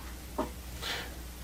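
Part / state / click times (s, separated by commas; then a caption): double cap rivet cap onto rivet post in leather helmet / seated / 0.4 s. A cap is pressed onto a double cap rivet post in a leather helmet and snaps into place at 0.4 s with a short, sharp click. Afterward there is a softer, hissy rustle around 0.9 s, and the cap is seated and holds.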